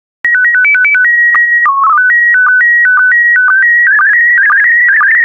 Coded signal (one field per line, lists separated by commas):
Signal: SSTV (slow-scan television)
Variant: PD 120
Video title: 172070 Action Sailing SSTV PD120